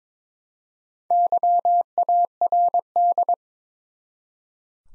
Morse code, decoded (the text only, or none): YARD